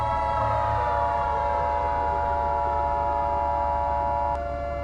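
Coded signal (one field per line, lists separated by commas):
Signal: Emergency Alert System (SAME) tones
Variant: 853 and 960 Hz attention tone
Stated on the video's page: Fictional EAS scenario about a subterranean beast.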